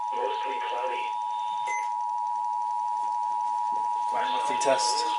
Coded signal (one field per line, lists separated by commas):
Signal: Emergency Alert System (SAME) tones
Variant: 853 and 960 Hz attention tone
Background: speech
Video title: (EAS #961-972) Required Monthly Tests From 3/3/2024